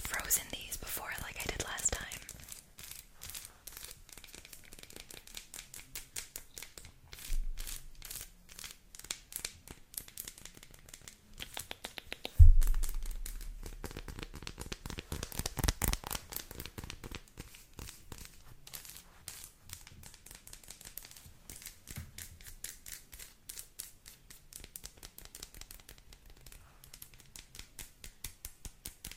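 Quick, dry tapping and scratching on chocolate, a dense run of crisp clicks and brittle crinkles that stays busy throughout. A heavier knock lands near twelve seconds, followed by a brief low rumble, and smaller thuds come around eight and sixteen seconds.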